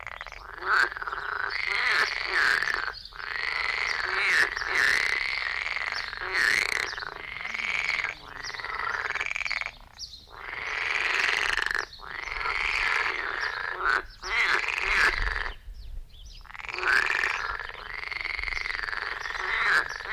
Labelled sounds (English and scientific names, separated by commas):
Edible Frog (Pelophylax esculentus) call